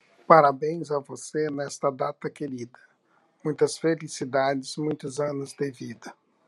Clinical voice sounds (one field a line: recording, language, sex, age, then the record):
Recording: short text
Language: Brazilian Portuguese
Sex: male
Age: 50 to 59 years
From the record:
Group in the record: control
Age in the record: 56 years